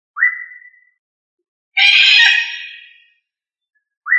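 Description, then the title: Australorp chicken with one long harsh squawk lasting over a second, framed by brief upward-sliding whistled notes before and after. "manok ostrali"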